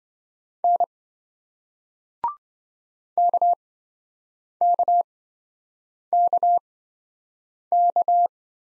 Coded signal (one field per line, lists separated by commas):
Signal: Morse code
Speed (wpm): 27 wpm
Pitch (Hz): 700 Hz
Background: none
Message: N KKKK